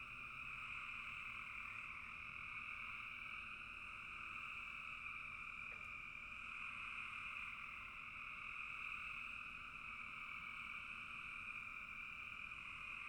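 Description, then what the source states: Frogs calling in a dense, unbroken chorus, a steady two-toned trill with a higher and a lower band that barely changes over the whole stretch. Frogs calling in a bog.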